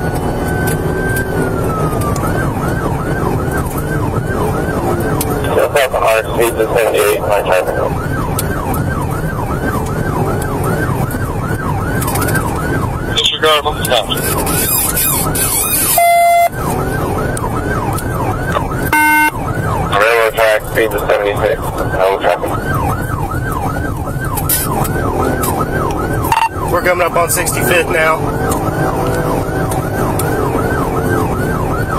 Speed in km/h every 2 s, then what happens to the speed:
130, 132, 124, 122, 124, 126, 122, 126, 127, 113, 105, 105, 105, 113, 116, 116.
3-5 brakes to 122. 5-16 steady at about 124. 16-19 brakes to 105. 19-24 steady at about 105. 24-32 speeds up to 116.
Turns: none.